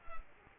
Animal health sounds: mosquito wingbeat signal from an infrared sensor; Culex quinquefasciatus

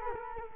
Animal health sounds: mosquito wingbeat signal from an infrared sensor; Culex quinquefasciatus

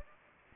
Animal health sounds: mosquito wingbeat signal from an infrared sensor; Anopheles gambiae

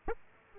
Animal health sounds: mosquito wingbeat signal from an infrared sensor; Aedes aegypti

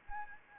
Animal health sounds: mosquito wingbeat signal from an infrared sensor; Anopheles arabiensis

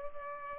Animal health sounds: mosquito wingbeat signal from an infrared sensor; Culex pipiens

